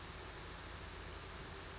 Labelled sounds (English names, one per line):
Brown Creeper